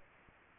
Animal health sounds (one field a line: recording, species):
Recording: mosquito wingbeat signal from an infrared sensor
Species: Aedes aegypti